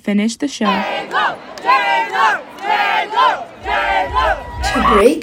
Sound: nat sound: chant

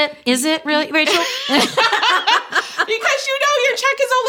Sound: laughter

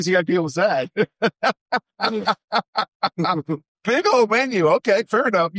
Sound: laughing

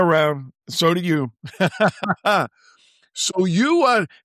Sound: laughing

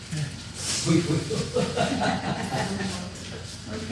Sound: laughter

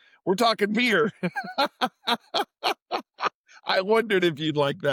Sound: laughing

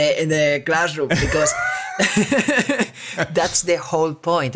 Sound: laughs

